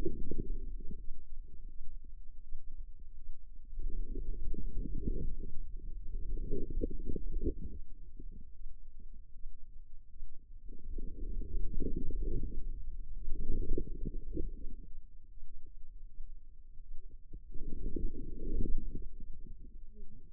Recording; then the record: forearm muscle sounds (acoustic myography)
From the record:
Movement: inward rotation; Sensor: system 2, bracelet of six BSWA MPA416 microphones around the upper forearm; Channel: 1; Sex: female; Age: 25 years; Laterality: right